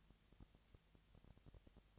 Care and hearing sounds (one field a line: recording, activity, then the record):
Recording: daily activity, microphone in the room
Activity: no activity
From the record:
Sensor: 3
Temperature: 20.6 degrees Celsius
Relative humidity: 35.7%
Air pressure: 998.8 hPa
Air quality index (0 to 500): 236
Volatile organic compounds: 72 ppm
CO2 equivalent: 3539 ppm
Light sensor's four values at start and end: 2/3/2/2 and 2/3/2/2